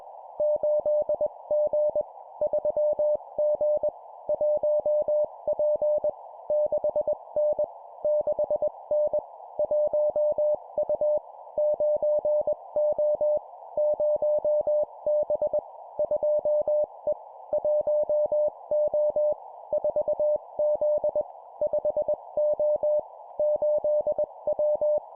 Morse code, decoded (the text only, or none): 8G 3G 1P 6N 6N 1U 9O 0B 2E 1O 4Z 5O 8W